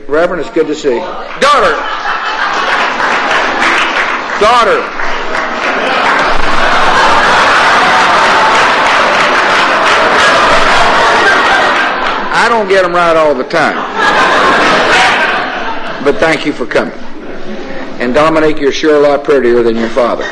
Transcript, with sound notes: Reverend, it's good to see you.
Daughter!
Daughter! Daughter! [audience laughter] I don't get 'em right all the time. But thank you for coming. And Dominique, you're sure a lot prettier than your father.